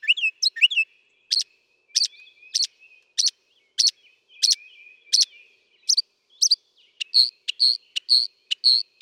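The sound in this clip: Northern mockingbird song: a long series of sharp notes repeated steadily, then a switch to a different repeated note near the end.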